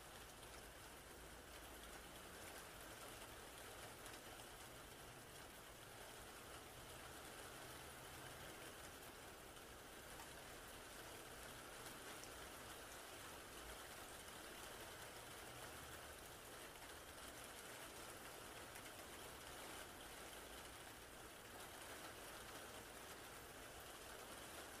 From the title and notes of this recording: Bedtime Rain ASMR to Fall Asleep.